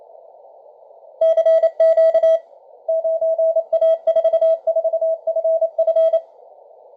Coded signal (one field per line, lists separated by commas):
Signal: Morse code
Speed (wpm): 28 wpm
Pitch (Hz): 650 Hz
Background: none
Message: CQ 9A44FF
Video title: Various and including 9A4FF CW decode and II0LOVE